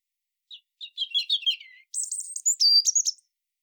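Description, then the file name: European robin singing a phrase of scratchy mid-pitched twitters that give way to very high, thin sibilant notes and a sharp drop, clean quiet background. "Erithacus rubecula"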